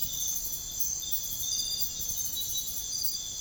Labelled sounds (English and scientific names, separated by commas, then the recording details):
none
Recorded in secondary vegetation near Puerto Asís, Putumayo, Colombia, on 21 March 2025 at 05:30
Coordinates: 0.489, -76.322
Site G042